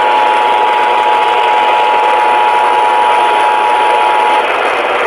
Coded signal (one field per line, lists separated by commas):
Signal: Emergency Alert System (SAME) tones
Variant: 853 and 960 Hz attention tone